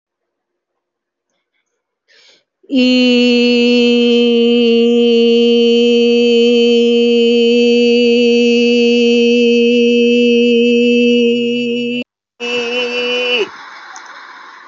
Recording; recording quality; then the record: sustained vowel as in beet; excellent, no background noise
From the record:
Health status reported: healthy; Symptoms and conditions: none ticked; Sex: female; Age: 49 years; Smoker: not ticked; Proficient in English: yes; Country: India